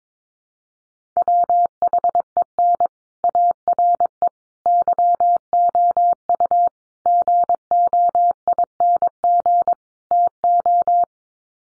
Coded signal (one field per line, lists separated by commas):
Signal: Morse code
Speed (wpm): 22 wpm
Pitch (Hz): 700 Hz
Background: none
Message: WHEN ARE YOU GOING TO